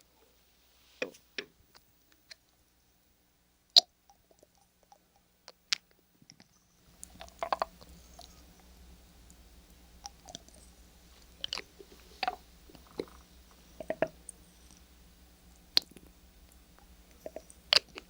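Ear massage with oil, lotion and a peeling pack, heard as sparse wet clicks and sticky taps in the first seven seconds. After that a low steady hum comes in beneath denser squelching, rubbing and crackling, with sharper pops every second or so.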